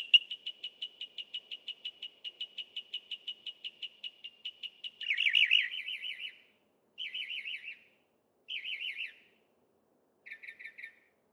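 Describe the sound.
Northern mockingbird song opening with a long steady train of quick repeated notes, then several short buzzy trilled phrases separated by pauses.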